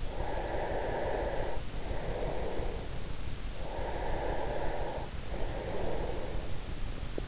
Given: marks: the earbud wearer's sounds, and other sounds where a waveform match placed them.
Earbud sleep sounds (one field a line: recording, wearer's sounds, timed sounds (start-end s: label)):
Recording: sounds in sleep by an in-ear microphone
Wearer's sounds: breath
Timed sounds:
0.00-3.05 s: breath
3.42-6.83 s: breath